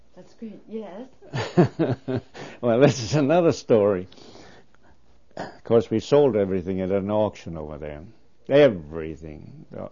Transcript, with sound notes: That's great, yes--
(He laughs.) Well that's another story. Of course, we sold everything at an auction over there, everything!